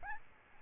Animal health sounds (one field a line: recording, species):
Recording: mosquito wingbeat signal from an infrared sensor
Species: Aedes albopictus